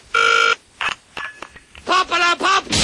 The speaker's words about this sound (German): Du sagst durchkommen, andauernd klingelt's bei dir, keiner nimmt ab. Ich erwarte ein Besetzzeichen.